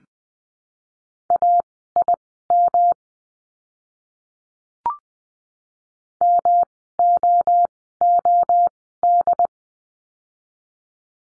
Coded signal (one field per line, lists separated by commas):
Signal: Morse code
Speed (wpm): 20 wpm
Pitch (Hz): 700 Hz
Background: none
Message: AIM MOOD